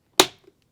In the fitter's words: You heard that snap?